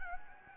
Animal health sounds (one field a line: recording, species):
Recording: mosquito wingbeat signal from an infrared sensor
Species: Anopheles gambiae